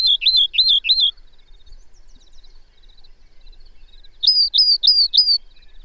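Bird song: a phrase of three slurred whistles, a quiet pause with soft background chirps, then four upslurred whistled notes repeated evenly.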